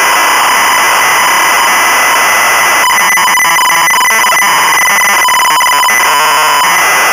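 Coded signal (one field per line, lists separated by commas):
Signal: ZX Spectrum tape loading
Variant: Sinclair ZX Spectrum cassette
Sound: loud hiss for three seconds, then harsh warbling, buzzing data screech with rapid tone changes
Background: tape hiss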